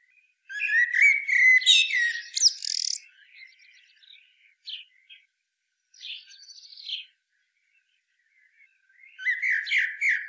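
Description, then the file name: Common blackbird chattering loudly at first, then softer scattered notes, and a renewed burst of rapid chatter at the end. "Turdus merula"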